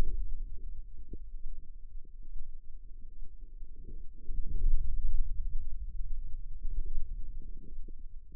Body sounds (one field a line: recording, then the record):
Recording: forearm muscle sounds (acoustic myography)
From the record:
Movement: hand opening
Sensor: system 2, bracelet of six BSWA MPA416 microphones around the upper forearm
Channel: 6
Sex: female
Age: 25 years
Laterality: right